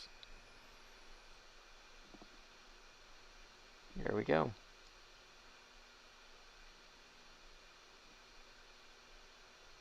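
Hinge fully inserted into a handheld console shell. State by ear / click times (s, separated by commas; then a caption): seated / 0.2 s. With a Game Boy Advance SP handheld console opened to the right angle, pressure is applied to push the hinge fully into its plastic shell. A sharp click at 0.2 s marks the hinge seating fully home, and someone talks around 4 seconds over otherwise quiet background noise.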